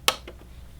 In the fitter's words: lightly, and I'm going to press down on this edge here until it clicks.